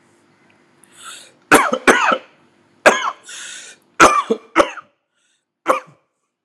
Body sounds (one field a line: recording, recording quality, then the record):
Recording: heavy voluntary cough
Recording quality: excellent, no background noise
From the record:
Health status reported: healthy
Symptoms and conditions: cough, cold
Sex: male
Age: 52 years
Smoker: not ticked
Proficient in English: yes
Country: India